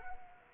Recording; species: mosquito wingbeat signal from an infrared sensor; Anopheles arabiensis